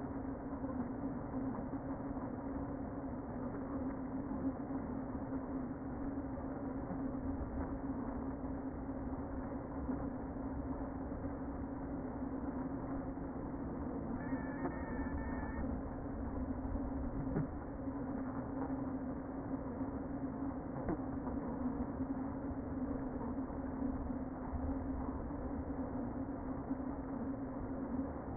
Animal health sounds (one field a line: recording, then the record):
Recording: honeybee colony, microphone inside the hive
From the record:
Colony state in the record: queen present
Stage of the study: before two queens were removed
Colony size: about 60,000 bees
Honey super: yes